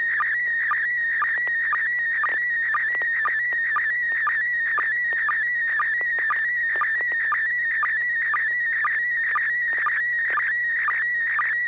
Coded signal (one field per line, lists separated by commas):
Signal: SSTV (slow-scan television)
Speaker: yeah I have a picture here let me H check my town real quick